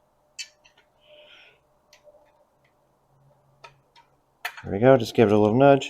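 A new door lock cylinder for a 1988–98 Chevrolet Silverado OBS GMT400 truck is handled on the bench and eased toward its metal lock housing, where its spring-loaded retainer is meant to snap up into the housing hole. Faint light ticks and taps sound from about 0.4 to 4.0 s, then someone talks from about 4.5 s to the end. Nothing has seated or clicked into place yet.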